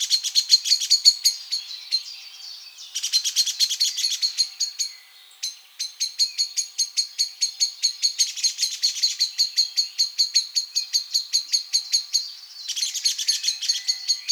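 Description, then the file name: Common blackbird chinking steadily, sharp metallic notes repeated a few times per second, in long runs broken by short gaps. "Turdus merula"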